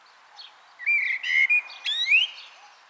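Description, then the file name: Common blackbird song, a mellow fluty warble of several linked notes, then a squeaky rising high flourish at the end. "Turdus merula"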